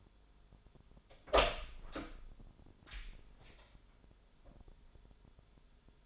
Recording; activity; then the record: daily activity, microphone in the room; open door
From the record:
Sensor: 5